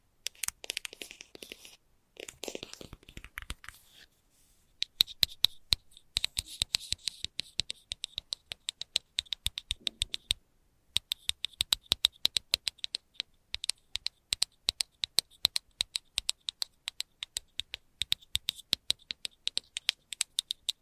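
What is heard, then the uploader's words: Fast, light tapping in quick irregular bursts, each tap a sharp bright click much like keys on a keyboard. The first few seconds are sparser and scratchier, with a brief pause near the four-second mark, then the taps settle into a dense steady patter. ASMR Fast But Light Tapping For Sleep And Relaxation（No Talking）.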